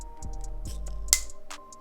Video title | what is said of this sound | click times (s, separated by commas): YJ MGC Elite Unboxing! - TheCubicle | can hear that snap and it goes right back down to the first setting | 1.1 s